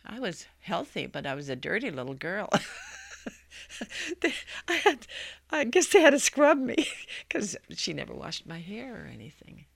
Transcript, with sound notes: I was healthy, but I was a dirty little girl. ( she laughs ) I had, I guess they had to scrub me, because she never washed my hair or anything.